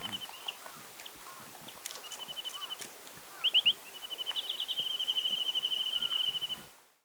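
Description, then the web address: Chinese nuthatch giving quiet, fast trills on a steady high pitch, a couple of short ones in the first half and a longer run in the second half, over faint hiss and scattered clicks. "Chinese nuthatch. صدای-پرنده-کمرکولی-چینی"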